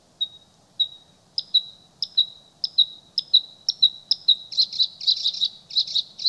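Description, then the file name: Bluethroat song: clear single notes repeated faster and faster, then breaking into a buzzy, rasping series. "Blauwborst"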